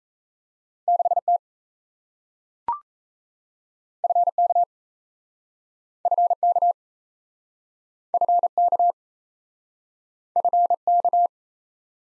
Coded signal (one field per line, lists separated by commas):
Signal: Morse code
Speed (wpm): 38 wpm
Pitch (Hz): 700 Hz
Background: none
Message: 6T FK FK FK FK